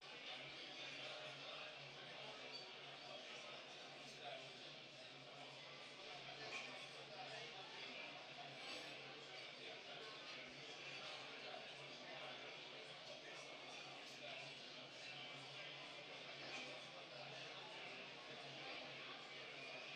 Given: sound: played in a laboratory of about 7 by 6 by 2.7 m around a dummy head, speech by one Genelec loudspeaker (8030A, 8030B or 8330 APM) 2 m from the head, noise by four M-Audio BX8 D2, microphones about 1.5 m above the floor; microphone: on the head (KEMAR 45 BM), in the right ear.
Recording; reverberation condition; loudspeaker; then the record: cafeteria noise; medium; four, about 170 cm from the corners of the room and facing them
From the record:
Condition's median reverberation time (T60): about 510 ms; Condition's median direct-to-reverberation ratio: about -0.5 dB